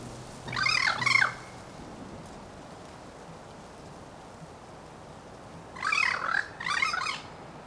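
Bird calls, rasping and nasal, one double squawk early on and another pair near the end, with quiet hiss in between.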